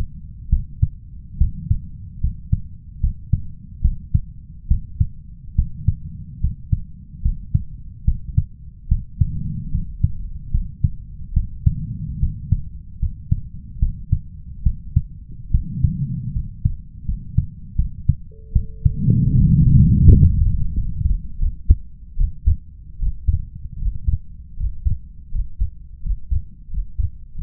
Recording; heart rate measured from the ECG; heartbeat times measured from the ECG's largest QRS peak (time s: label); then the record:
heart sounds by stethoscope; 76 bpm
0.49 s: heartbeat
1.38 s: heartbeat
2.20 s: heartbeat
3.00 s: heartbeat
3.81 s: heartbeat
4.67 s: heartbeat
5.55 s: heartbeat
6.40 s: heartbeat
7.22 s: heartbeat
8.04 s: heartbeat
8.88 s: heartbeat
9.71 s: heartbeat
10.51 s: heartbeat
11.33 s: heartbeat
12.19 s: heartbeat
12.99 s: heartbeat
13.79 s: heartbeat
14.63 s: heartbeat
15.51 s: heartbeat
16.33 s: heartbeat
17.05 s: heartbeat
17.75 s: heartbeat
18.52 s: heartbeat
19.38 s: heartbeat
20.09 s: heartbeat
20.73 s: heartbeat
21.38 s: heartbeat
22.16 s: heartbeat
22.98 s: heartbeat
23.78 s: heartbeat
24.56 s: heartbeat
25.31 s: heartbeat
26.02 s: heartbeat
26.70 s: heartbeat
27.34 s: heartbeat
From the record:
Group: healthy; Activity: rest 0-17 s, Valsalva maneuver 17-28 s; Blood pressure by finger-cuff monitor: 100/69 mmHg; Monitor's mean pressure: 78 mmHg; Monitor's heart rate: 74 bpm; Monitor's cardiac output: 5.4 L/min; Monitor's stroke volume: 75 mL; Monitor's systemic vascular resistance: 1010 dyn s/cm5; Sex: male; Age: 21 years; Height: 170 cm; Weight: 71 kg